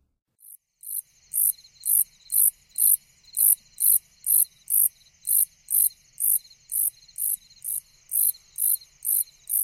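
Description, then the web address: Slightly musical conehead song: high, buzzy bursts repeated steadily about twice a second, over a fainter continuous background. "The Songs of Insects. Slightly Musical Conehead"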